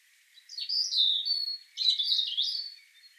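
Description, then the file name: European robin song in two rich, warbling phrases separated by a short gap, each a rapid cascade of wavering, slurred high notes. "Erithacus rubecula"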